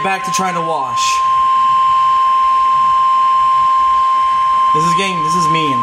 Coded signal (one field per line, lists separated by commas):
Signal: Emergency Alert System (SAME) tones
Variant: 1050 Hz attention tone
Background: speech